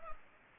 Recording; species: mosquito wingbeat signal from an infrared sensor; Anopheles arabiensis